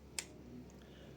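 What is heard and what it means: A plastic guide comb is removed from a Powertec TR 6900 electric hair trimmer by releasing its rear tab. A sharp click sounds at 0.2 s, followed by two faint ticks near 0.7 s and 0.8 s over low background hum. The comb comes off.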